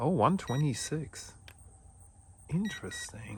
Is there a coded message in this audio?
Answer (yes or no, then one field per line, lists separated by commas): no